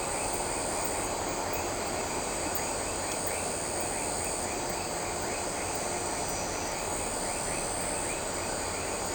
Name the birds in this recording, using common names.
none